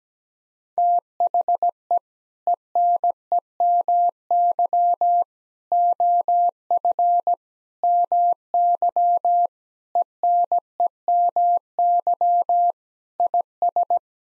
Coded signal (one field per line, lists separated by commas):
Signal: Morse code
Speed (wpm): 17 wpm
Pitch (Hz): 700 Hz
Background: none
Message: THE ENEMY OF MY ENEMY IS